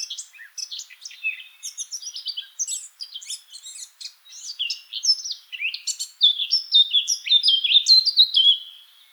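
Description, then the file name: Eurasian blackcap song: continuous rapid warbling of mixed scratchy and whistled notes, growing louder toward rich, clear fluting phrases at the end. "Sylvia atricapilla"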